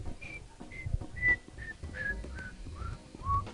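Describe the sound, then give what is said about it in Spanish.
A bird whistles in a steady rhythm, about eight short, clear notes evenly spaced and drifting gradually lower in pitch, over a soft low rumble with no talking. “Siento un pájaro silbar con gran ritmo.”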